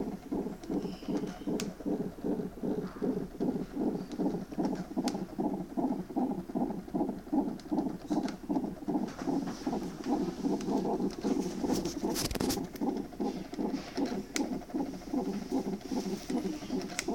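Rapid, regular whooshing pulses near 150 per minute: an unborn baby's heartbeat picked up by Doppler.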